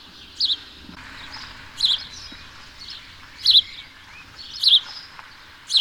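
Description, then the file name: House sparrow chirping, short bright chirps repeated roughly once a second, five notes spaced unevenly over quiet background hiss. "Passer domesticus"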